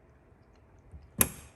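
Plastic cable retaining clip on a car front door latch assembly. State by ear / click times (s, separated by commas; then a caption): seated / 1.2 s. A plastic retaining clip for the latch cable on the front door latch assembly of a 2007 Honda CR-V is pushed in while the latch is being reinstalled. After a quiet stretch with a faint low thump near 0.9 s, a sharp, loud click lands at 1.2 s and rings briefly into the high frequencies. The clip is seated.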